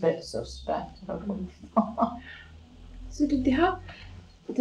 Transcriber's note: laughs